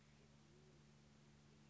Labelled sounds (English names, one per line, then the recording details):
Band-tailed Pigeon
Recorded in Sonoma County, California